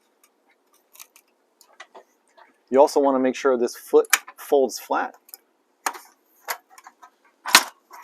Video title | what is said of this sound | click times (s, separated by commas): 2019 Ram Promaster Campervan Tour | And make sure it clicks. | 7.6 s